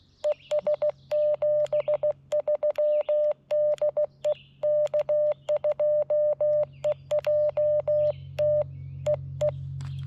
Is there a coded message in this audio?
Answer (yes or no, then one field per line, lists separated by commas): yes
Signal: Morse code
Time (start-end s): 0.2-9.5 s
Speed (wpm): 16 wpm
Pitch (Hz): 600 Hz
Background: none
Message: ES 73 DE K2EJT EE